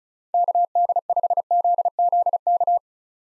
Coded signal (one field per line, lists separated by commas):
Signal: Morse code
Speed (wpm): 36 wpm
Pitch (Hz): 700 Hz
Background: none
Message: KD5ZZK